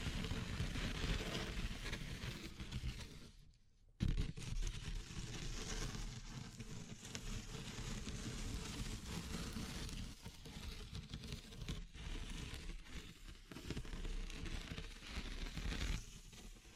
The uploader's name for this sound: Natural Triggers Wood, Bamboo and Straw